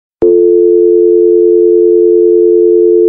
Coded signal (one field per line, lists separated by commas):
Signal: telephone call progress tone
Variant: North America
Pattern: dial tone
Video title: American Dial Tone Sound Effect [HD]-Audio